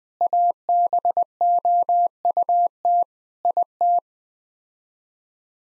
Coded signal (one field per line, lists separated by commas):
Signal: Morse code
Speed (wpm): 20 wpm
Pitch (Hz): 700 Hz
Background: none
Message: ABOUT IT